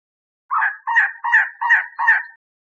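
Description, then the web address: Elegant trogon giving a steady string of five rough, cawing notes, evenly spaced and equally loud, with nothing else heard. Recorded 27 April 2003. "birdvocals CR ELTR 042703"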